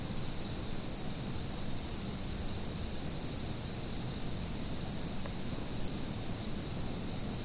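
Autumn insects: a steady high-pitched continuous trill underneath, with groups of short rapid chirps breaking in at irregular intervals.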